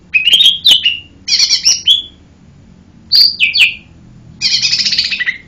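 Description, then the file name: Lesser green leafbird song of clear slurred whistles alternating with rasping buzzy notes, in quick phrases with a brief silent pause midway. "cucak hijau mini. omkicau"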